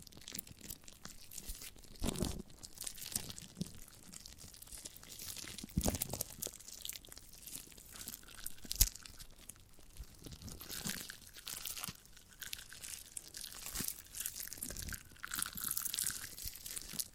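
Crisp sounds of a giant gummy bear being handled and pulled apart: tearing, squishing and crinkling textures that come and go in irregular bursts. Sharper snaps stand out near two, six and nine seconds.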